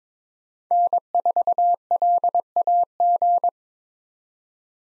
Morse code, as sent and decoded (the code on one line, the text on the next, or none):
-. ....- .-.. .- --.
N4LAG